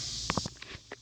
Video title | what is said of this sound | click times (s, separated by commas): How to replace a Mazda tribute sun roof | fill that snap into place and | 0.3 s